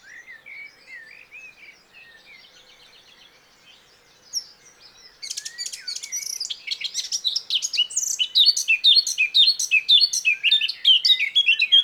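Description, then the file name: Eurasian blackcap song: soft, quiet warbling for about five seconds, then a louder, rapid run of varied chattering and whistled notes that continues to the end. "Sylvia atricapilla"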